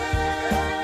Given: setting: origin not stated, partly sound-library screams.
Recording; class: one-second piece from a danger detection set; normal situation